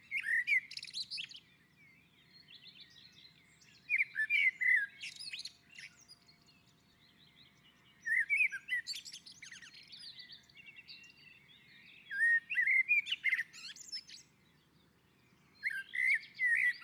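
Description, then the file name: Common blackbird song: rich fluting warbled phrases, each ending in a high squeaky twitter, repeated roughly every four seconds with short pauses between. On a roof. "Koltrast på taket"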